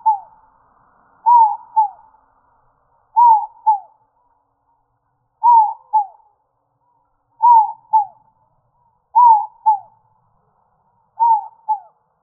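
Inca dove giving soft two-note coos, each note dropping in pitch, pairs repeated steadily about every two seconds against a quiet background.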